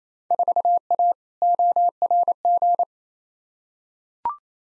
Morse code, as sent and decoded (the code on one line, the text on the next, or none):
....- .- / --- .-. --.
4A ORG